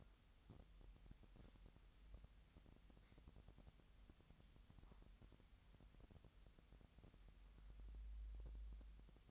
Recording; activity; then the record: daily activity, microphone in the room; wipe stove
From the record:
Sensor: 3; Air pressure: 1003.2 hPa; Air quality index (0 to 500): 197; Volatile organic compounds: 6 ppm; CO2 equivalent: 1922 ppm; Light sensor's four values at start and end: 12/29/12/13 and 12/29/12/13